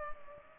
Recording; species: mosquito wingbeat signal from an infrared sensor; Culex pipiens